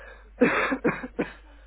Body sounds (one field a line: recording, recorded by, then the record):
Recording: voluntary cough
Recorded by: telephone call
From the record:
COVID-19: positive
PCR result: self-reported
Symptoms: yes